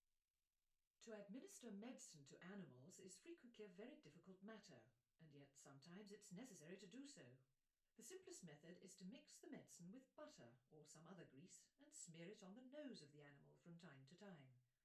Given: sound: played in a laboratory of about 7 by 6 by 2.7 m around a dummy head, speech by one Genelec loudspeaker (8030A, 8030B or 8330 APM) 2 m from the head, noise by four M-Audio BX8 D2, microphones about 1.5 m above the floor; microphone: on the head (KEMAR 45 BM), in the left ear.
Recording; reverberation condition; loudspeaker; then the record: female speech in English; low; 60 degrees to the right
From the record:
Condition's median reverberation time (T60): about 310 ms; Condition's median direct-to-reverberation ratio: about 3.5 dB